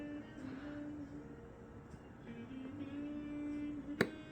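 A screw for a CPU thermal backplate on a motherboard is turned slowly counterclockwise, over a steady tonal background. At 4.0 s a single sharp, small click is heard as the screw's thread drops into the start of the mating thread, so the screw is seated and ready to be tightened clockwise.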